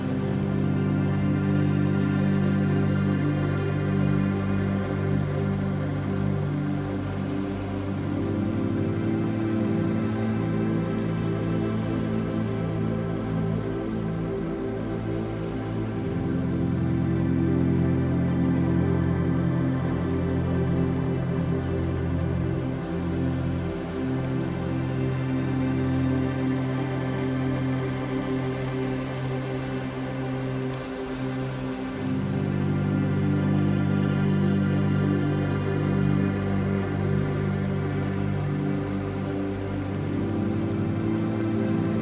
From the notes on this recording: Gentle pads, music and the sounds of birds of the rain forest